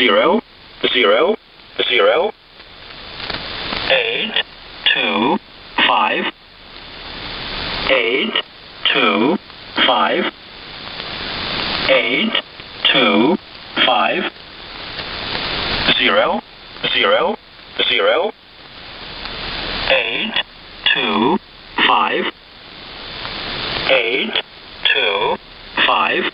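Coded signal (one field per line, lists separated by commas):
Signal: numbers station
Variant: E07a, English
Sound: a voice reading digits in English, evenly spaced groups, over shortwave hiss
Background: radio static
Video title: Numbers Station E07a - Shortwave 5877Khz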